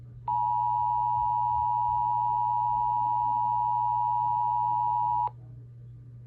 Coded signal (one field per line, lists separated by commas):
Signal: Emergency Alert System (SAME) tones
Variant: 853 and 960 Hz attention tone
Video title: EAS 883: PBZ SVR